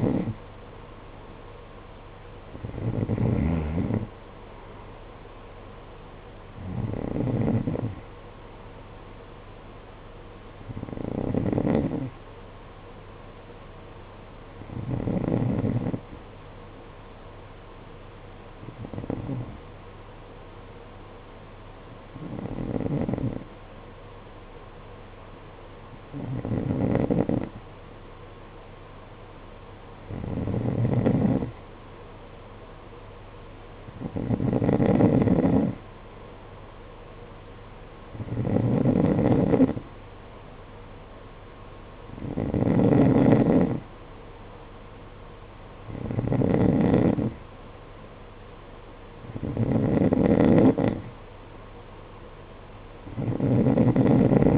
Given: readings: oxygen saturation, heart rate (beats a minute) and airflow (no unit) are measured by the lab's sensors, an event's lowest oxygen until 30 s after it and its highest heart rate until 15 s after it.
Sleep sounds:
breathing in sleep by a voice recorder at the bedside; 1
10.00-30.70 s: hypopnea (N2, oxygen 94% highest, then 91% lowest, heart rate 50 at the start, 53 highest)
From the record:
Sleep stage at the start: N2 (light sleep); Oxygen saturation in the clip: 89 to 94%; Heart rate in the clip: 49 to 57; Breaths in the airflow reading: 14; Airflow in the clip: -7.5 to 8.5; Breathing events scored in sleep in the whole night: 476 in 9.7 hours asleep

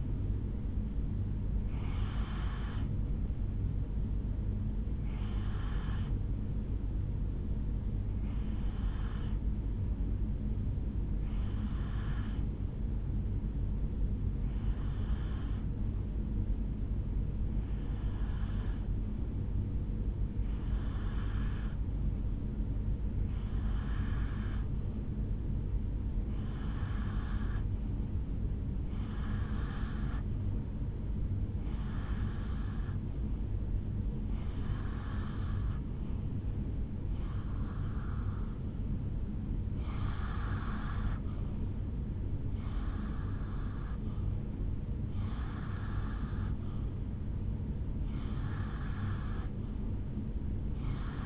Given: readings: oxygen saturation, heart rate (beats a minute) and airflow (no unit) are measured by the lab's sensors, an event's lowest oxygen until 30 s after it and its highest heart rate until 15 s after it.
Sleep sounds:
breathing in sleep by a smartphone at the bedside; 1
6.00-29.80 s: hypopnea (N1, oxygen 94% highest, then 88% lowest, heart rate 61 at the start, 75 highest)
11.00-51.26 s: new sleep stage, N2 (light sleep)
From the record:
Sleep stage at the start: N1 (lightest sleep); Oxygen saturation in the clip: 88 to 94%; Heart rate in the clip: 56 to 75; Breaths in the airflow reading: 17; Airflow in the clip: -4.0 to 3.1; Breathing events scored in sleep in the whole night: 449 in 7.0 hours asleep

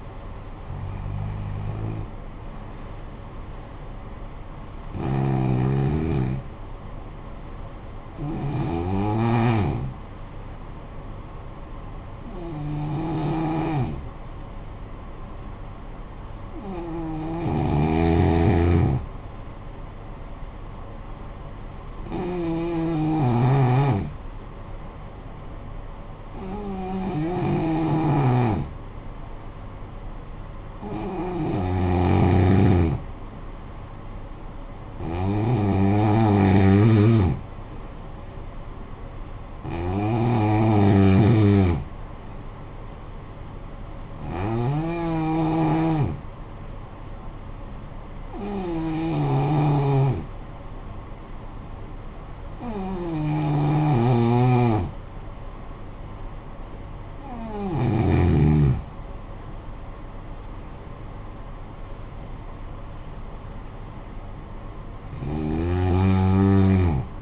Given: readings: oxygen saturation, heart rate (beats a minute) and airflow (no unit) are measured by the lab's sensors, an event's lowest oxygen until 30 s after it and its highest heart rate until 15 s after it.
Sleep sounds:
breathing in sleep by a smartphone at the bedside; 2
13.00-31.30 s: hypopnea (N2, oxygen 95% highest, then 89% lowest, heart rate 55 at the start, 58 highest)
48.00-59.40 s: hypopnea (N2, oxygen 92% highest, then 90% lowest, heart rate 53 at the start, 72 highest)
From the record:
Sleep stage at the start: N2 (light sleep); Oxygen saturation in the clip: 88 to 95%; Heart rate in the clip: 50 to 72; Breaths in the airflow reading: 16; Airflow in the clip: -12.1 to 12.4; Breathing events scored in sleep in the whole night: 445 in 7.6 hours asleep

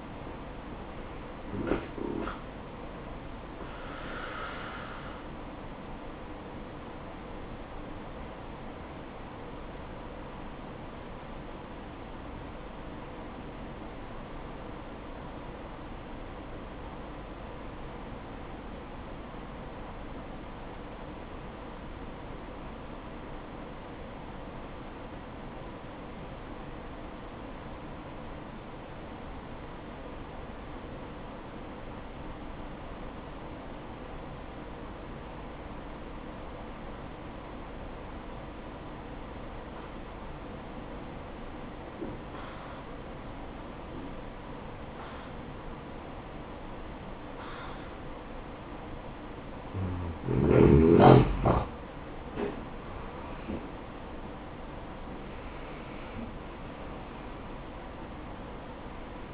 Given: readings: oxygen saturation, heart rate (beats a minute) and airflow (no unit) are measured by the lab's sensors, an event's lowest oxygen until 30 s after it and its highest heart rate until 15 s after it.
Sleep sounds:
breathing in sleep by a voice recorder at the bedside; 1
9.00-51.20 s: obstructive apnea (N1, oxygen 95% highest, then 84% lowest, heart rate 61 at the start, 74 highest)
16.00-46.00 s: new sleep stage, N2 (light sleep)
46.00-59.34 s: new sleep stage, N1 (lightest sleep)
From the record:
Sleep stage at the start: N1 (lightest sleep); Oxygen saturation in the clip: 85 to 95%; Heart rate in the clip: 58 to 70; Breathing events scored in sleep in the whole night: 573 in 9.8 hours asleep

